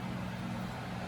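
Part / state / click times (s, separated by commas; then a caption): rubber tie rod boot onto the notch of the inner tie rod / not seated / none. A rubber inner tie rod boot on a 2002 Ford Windstar is handled while being pushed up toward the notch on the inner tie rod, where it is meant to lock in place, ready for its clamp. Only a steady low hum and broadband noise are heard, with no distinct hit. Nothing has seated or clicked yet.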